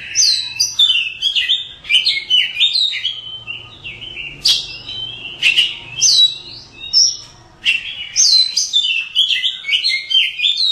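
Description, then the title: Oriental magpie-robin song, a steady stream of clear whistles and sharp chirps, often swooping down in pitch, repeated in quick varied phrases with a faint low hum. "Kacer. Burung"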